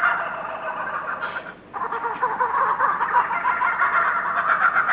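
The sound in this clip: Kookaburra laughing call, fast cackling bursts with a brief gap and lower rapid chuckles, then more overlapping cackles.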